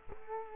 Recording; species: mosquito wingbeat signal from an infrared sensor; Culex quinquefasciatus